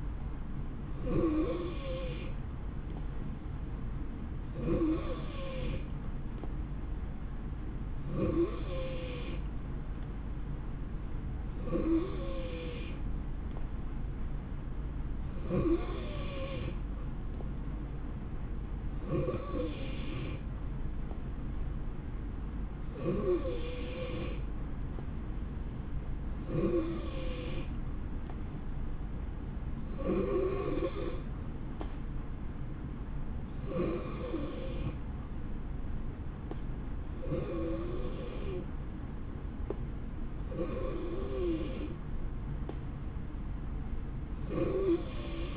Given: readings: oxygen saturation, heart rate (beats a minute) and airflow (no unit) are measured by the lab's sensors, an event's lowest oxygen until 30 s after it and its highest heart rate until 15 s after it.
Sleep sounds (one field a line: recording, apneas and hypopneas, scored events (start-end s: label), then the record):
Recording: breathing in sleep by a smartphone at the bedside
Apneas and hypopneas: none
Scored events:
none scored
From the record:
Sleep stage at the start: N3 (deep sleep)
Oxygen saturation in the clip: 90 to 91%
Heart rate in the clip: 62 to 71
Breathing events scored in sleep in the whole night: 160 in 9.3 hours asleep